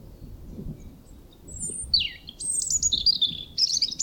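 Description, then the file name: European robin song beginning after a quiet second and a half: high, thin whistles sliding down, then rapid jangling trills. "Erithacus rubecula"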